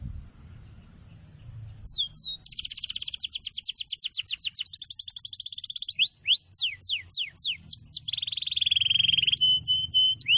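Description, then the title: Canary song: a fast buzzy trill of rapid notes, then a series of sharp downslurred whistles, ending in a dense rattling buzz and clear whistled notes. Continuous long song of a singing canary, used as a lure and as a tutor for wild canaries. "Pikat Kenari GACOR PANJANG INI Cocok Untuk Masteran KENARI LIAR"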